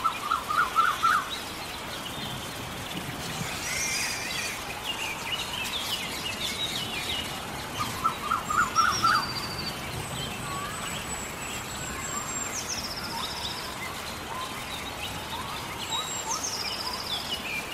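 Steady rain hisses through a forest, an even wash of sound underneath everything. Birds call over it: a quick rising trill near the start and again around eight seconds, plus thin high whistles that slide downward in the second half.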